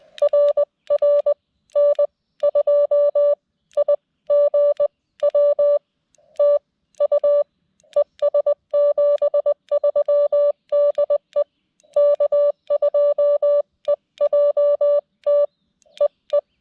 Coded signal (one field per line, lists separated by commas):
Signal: Morse code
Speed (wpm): 20 wpm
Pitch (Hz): 580 Hz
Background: music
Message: RR N2IGW TU ES 73 DE K2EJT EE